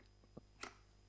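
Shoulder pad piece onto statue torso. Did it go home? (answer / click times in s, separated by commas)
yes / 0.6 s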